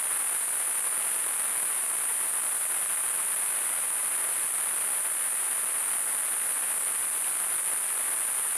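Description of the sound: A steady, very high-pitched hissing ring holds unchanged for about nine seconds over a fainter, wider hiss, with no pauses or pulsing. It is a simulated tinnitus sound, imitating the constant high ringing heard in the ears.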